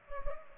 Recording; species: mosquito wingbeat signal from an infrared sensor; Culex pipiens